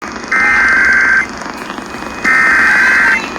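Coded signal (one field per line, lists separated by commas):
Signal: Emergency Alert System (SAME) tones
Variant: header bursts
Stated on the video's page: Los Angeles County required monthly test with valid SAME headers, relayed by AM stations and also translated into Spanish.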